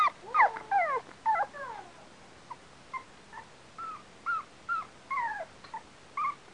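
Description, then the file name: Dog whining and yipping, with several cries overlapping at first, then single short yips spaced through the rest. A dog named Astro. "Astro Barks"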